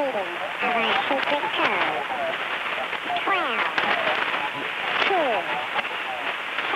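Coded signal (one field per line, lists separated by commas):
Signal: numbers station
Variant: WBNY Commander Bunny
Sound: distorted voice speaking in short bursts through heavy shortwave static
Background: radio static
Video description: Pirate radio "number station" WBNY, transmitting on 6950 kHz AM. "Transmissions consist of a somewhat distorted voice reading off a series of numbers.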